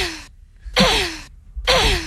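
Three short pained grunts from Lara Croft in the video game Tomb Raider as she bumps into a wall, each a breathy vocal cry with a falling pitch, evenly spaced with brief silences between them.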